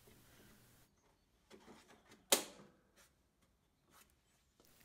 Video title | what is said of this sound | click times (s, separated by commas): How to Replace Ignition Switch on a Riding Lawn Mower | the new switch goes in easily simply snaps into place | 2.3 s